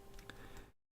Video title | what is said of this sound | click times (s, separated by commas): 19/01/2022 1030AM GMT Tamiya 1/35 Russian T-62A Tank LIVE BUILD WITH FOXX | rotate it around so it locks into place | 0.3 s